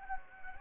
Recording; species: mosquito wingbeat signal from an infrared sensor; Anopheles gambiae